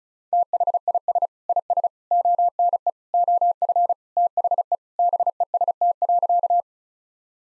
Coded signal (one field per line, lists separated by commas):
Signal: Morse code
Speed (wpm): 34 wpm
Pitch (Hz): 700 Hz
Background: none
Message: THIS IS ONE OF THE BEST.